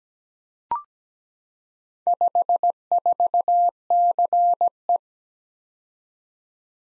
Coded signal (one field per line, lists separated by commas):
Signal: Morse code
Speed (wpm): 17 wpm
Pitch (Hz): 700 Hz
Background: none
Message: 54CE